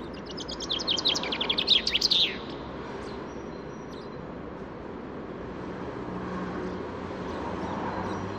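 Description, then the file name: Common chaffinch giving a single cascading song phrase with a bright ending in the first two seconds, followed by a few faint notes and quiet hiss. "Fringilla coelebs"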